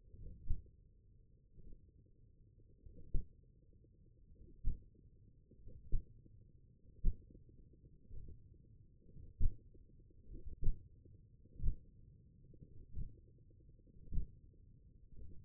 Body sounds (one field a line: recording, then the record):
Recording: forearm muscle sounds (acoustic myography)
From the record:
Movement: hand opening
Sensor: system 1, eight BSWA MPA416 microphones around the upper forearm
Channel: 5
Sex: male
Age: 20 years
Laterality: left